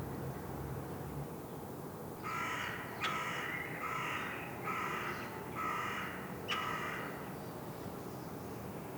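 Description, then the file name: Carrion crow cawing six times in a series over steady background noise. "Corvus corone"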